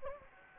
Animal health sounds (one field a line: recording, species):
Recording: mosquito wingbeat signal from an infrared sensor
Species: Anopheles gambiae